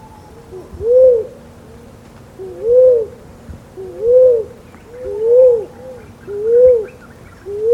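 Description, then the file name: Common cuckoo calling: soft, mellow hooting notes repeated roughly every one to two seconds, each a rounded note, sometimes with a fainter lead-in note. "cuculo"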